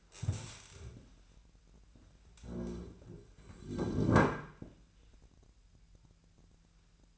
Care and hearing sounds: daily activity, microphone in the room; stand up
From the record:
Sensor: 2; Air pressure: 1001.4 hPa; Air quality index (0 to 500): 241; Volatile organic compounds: 74 ppm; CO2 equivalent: 3558 ppm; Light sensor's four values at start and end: 10/25/10/11 and 10/24/10/10

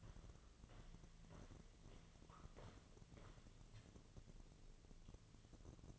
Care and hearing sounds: daily activity, microphone in the room; walk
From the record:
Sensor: 4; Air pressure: 1006.2 hPa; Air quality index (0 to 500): 85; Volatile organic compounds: 2 ppm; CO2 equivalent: 1051 ppm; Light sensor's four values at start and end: 12/27/10/10 and 12/27/10/10

